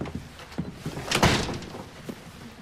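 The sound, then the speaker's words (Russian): A door is opened for a neighbour wearing a gas mask, swinging open with a short rush of rattling noise in the middle, preceded by a few soft knocks and bumps, with no voices. “Ему открыли дверь.”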